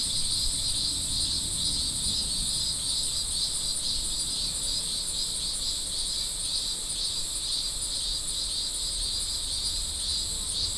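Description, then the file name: Insects in a steady chorus, dense continuous shrill buzzing in high bands with a slight pulsing texture, and low rumbling background noise throughout. "mainly insect"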